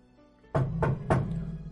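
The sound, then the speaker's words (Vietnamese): Three heavy knocks on the door of a room at a shrine, evenly spaced, each a loud low thud with a brief resonant ring after it. No voices accompany them. “Tiếng gõ cửa vang lên, đánh thức ông Tứ dậy.”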